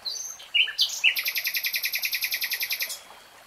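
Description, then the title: Nightingale song: a few sharp introductory notes, then a fast, even, loud rattling trill lasting about two seconds. Nightingale singing, recorded in real time. "[Tiếng chim hót] 3 Hours REALTIME Nightingale Singing"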